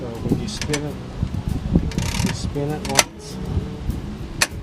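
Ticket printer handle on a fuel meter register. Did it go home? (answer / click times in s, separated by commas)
yes / 4.4 s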